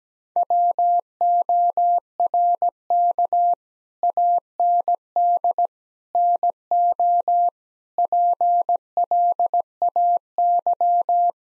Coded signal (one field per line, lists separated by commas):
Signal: Morse code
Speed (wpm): 17 wpm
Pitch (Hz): 700 Hz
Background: none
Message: WORK AND NO PLAY